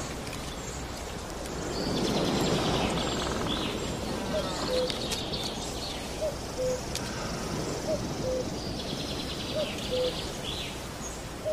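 Sounds of nature: a steady outdoor wash of low rumbling noise, swelling around the second and third seconds, with birds chirping and trilling high above throughout. A short two-note call repeats about every two seconds from the middle of the clip onward.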